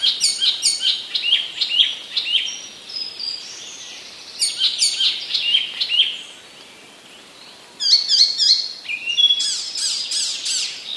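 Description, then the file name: Icterine warbler song: rapid repeated chattering notes mixed with high whistles, a quiet gap, then another bright burst. Recorded in 2015. "zaganiacz 2015"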